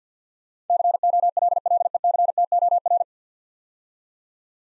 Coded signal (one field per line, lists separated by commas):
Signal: Morse code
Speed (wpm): 48 wpm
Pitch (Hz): 700 Hz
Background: none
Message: COLLECTOR